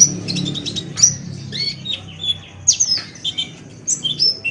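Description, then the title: Oriental magpie-robin song of varied whistled phrases and chattering notes, some sliding downward, over a low background hum. "Kicau Kacer"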